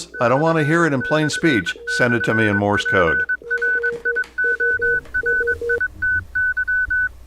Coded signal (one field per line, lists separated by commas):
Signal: Morse code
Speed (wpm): 21 wpm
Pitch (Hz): 1500 Hz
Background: speech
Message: ///PRIORITY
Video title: CW School with Popeye PART 2 AmRRON Production